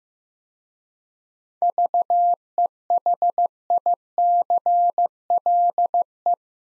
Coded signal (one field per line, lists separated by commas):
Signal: Morse code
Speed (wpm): 16 wpm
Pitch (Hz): 700 Hz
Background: none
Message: VEHICLE